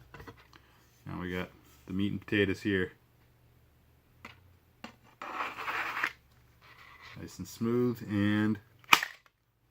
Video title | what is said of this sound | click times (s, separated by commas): ESEE Junglas Piggyback System | a little click so that came out really well super pleased with this | 8.9 s